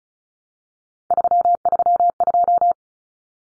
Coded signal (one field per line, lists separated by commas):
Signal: Morse code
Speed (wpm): 34 wpm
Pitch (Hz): 700 Hz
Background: none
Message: 332